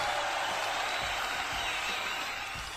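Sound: ovation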